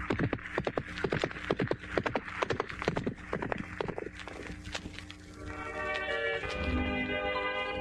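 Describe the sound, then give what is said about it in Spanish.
A man rides off on a borrowed horse; its hooves clip-clop in a brisk, steady rhythm of sharp knocks for about five seconds, then give way to a sustained, higher tonal sound that carries to the end. “¿Queréis montar mi caballo e ir en su busca ya que lo conocéis y rogarle que venga que quiero hablarle?”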